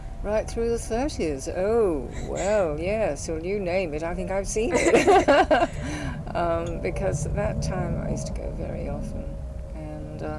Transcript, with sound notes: Right through the thirties! Oh! Well! Yes! You name it, I think I've seen it! [laughs] Erm, because at that time, I used to go very often. And eh,